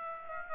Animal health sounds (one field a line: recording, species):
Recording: mosquito wingbeat signal from an infrared sensor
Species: Aedes aegypti